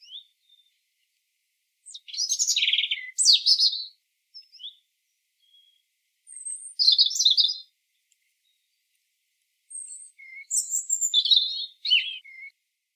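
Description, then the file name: European robin song in three phrases of high twittering and warbled notes, some thin whistles among them, spaced by pauses of a few seconds against a quiet background. "Erithacus rubecula"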